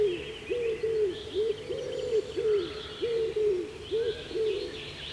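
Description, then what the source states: Common Wood Pigeon song, low hollow coos in rhythmic rising-falling phrases repeated throughout, with other songbirds twittering higher in the background. Deep hooting often mistaken for an eagle-owl; common in southern and central Finland, feeds in forest clearings and farmland, nests in young spruce, still breeding in late summer, long song season.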